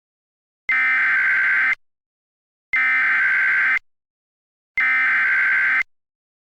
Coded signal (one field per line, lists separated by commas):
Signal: Emergency Alert System (SAME) tones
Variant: header bursts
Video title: Cali Really?? - EAS Recreation